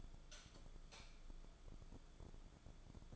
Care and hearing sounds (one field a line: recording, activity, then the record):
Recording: daily activity, microphone in the room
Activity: light off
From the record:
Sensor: 5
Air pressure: 1010.4 hPa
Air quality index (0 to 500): 117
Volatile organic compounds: 2 ppm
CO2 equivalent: 1153 ppm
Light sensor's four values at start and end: 520/1333/551/623 and 519/1330/550/621